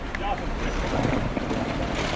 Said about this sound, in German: Drüben steht eine ältere Frau mit ihren Koffern ratlos neben einem Bus mit laufendem Motor.